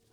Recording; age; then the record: pig call; piglet (1 to 25 days)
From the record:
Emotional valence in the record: positive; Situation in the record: reunion after long isolation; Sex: male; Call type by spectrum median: low-frequency call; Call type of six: low-frequency stable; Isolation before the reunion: 8 minutes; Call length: 0.13 s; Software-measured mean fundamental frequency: 46 Hz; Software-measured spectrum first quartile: 267 Hz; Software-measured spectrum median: 1381 Hz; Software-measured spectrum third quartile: 6606 Hz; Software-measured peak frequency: 104 Hz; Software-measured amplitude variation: 93 dB a second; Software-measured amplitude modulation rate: 23.0 a second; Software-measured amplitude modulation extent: 4.0 dB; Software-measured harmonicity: 3.1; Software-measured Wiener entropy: -1.84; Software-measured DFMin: 1139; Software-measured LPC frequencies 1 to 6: 458, 1540, 3464, 4174, 4930, 5784 Hz